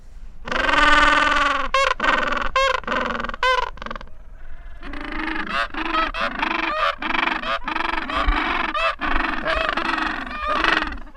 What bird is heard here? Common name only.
Gentoo Penguin